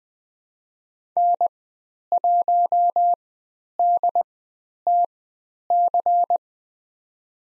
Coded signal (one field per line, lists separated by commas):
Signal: Morse code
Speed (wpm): 20 wpm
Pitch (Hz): 700 Hz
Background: none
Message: N1DTC